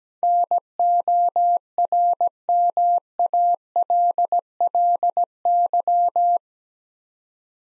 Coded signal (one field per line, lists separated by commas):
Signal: Morse code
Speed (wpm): 17 wpm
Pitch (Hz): 700 Hz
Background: none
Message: NORMALLY